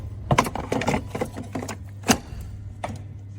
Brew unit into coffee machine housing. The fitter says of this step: and clicks back in with the black locking latch that you press to get it out